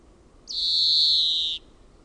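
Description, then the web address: European greenfinch giving one drawn-out, slightly falling wheezy note lasting about a second, with a quiet background. "OMAT AANITYKSET VIHERPEIPPO"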